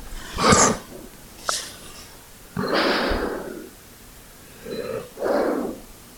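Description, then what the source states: Dog sneezing and snorting: a sharp sneeze-like burst, a faint click, then a long breathy exhale followed by two shorter snorts. ASMR sounds of a dog.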